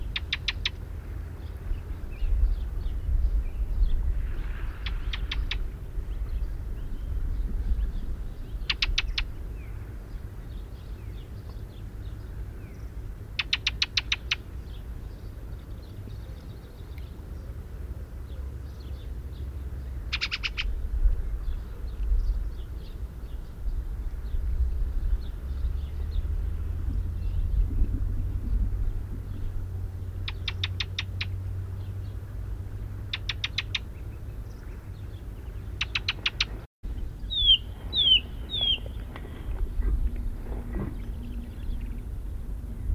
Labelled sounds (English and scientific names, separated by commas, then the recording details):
Ring Ouzel (Turdus torquatus) call
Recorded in the wild
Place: Bergen, Insel Rügen, Mecklenburg-Vorpommern, DE
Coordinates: 54.44, 13.46
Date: 1970-05-02
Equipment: Nagra III BH, Sennheiser MD 21, parabola
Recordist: Schubert, Michael